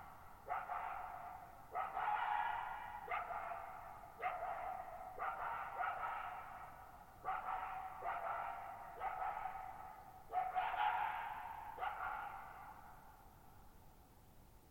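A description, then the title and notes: A lone coyote gives a run of short yelping barks and brief howls, repeating every second or so, mid-pitched. From silence to performance, a lone coyote enters the meadow. Camped near Thirtymile Meadows in the Okanogan National Forest at 6400 ft (1950 m). The shallow-bowl shaped meadows made for a beautiful natural amphitheater for recording. With a shockingly low noise floor for an open-air recording space and reverberation that seemed to go on forever (RT60 of over 5.5 seconds). Microphones: Double Mid-Side of MKH8040/MKH30/MKH8040 Stereo Matrix: Harpex-X Recorder: MixPre 6.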